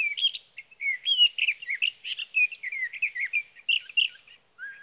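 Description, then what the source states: Sage thrasher song, a nonstop jumble of warbled, whistled phrases and short buzzy elements, ending with a low slurred note. Male singing through the night near his night roost, evening June 12 to morning June 15, 2018, Sierra Valley, California; recorded on a Swift recorder.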